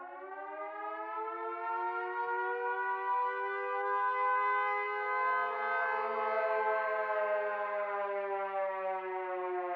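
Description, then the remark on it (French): A civil defense air raid siren wails steadily for about ten seconds, its layered harmonic tone slowly rising in pitch and holding loud and constant, with no voices present. “et puis après, quand on entendra la sirène, vous irez vous coucher, ce sera fini.”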